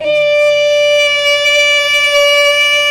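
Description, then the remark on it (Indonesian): An imsak siren sounding before dawn during the fasting month: a loud, steady siren holds one sustained tone with rich stacked harmonics, droning without a break for the full three seconds, with no voices over it. “Lalu kemudian sampailah masanya terdengar sirine.”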